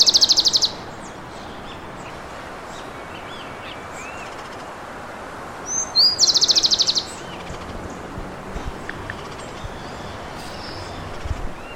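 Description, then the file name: Rufous-collared sparrow song, a few high notes then a fast trill, heard twice about six seconds apart, the first cut short, over steady background noise. "Zonotrichia capensis"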